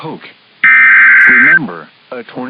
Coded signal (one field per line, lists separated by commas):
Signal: Emergency Alert System (SAME) tones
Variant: header bursts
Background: speech